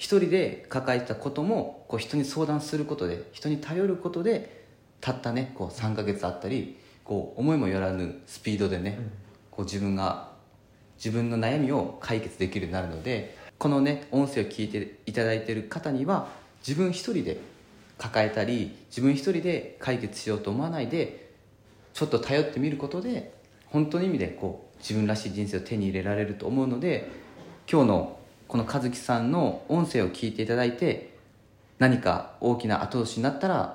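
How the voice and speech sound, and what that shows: A man speaks Japanese fluently in a calm, even voice, with short natural pauses between phrases.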